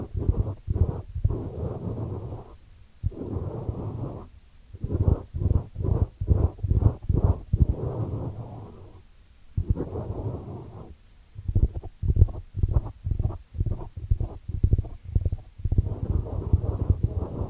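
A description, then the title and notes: Ear cleaning triggers: muffled, low rumbling scrapes and rubbing in quick bursts, separated by brief silences, with a few longer steady rubs throughout. ASMR 10 Sleep Inducing Ear Cleaning Triggers with 3D Brain Penetration (No Talking).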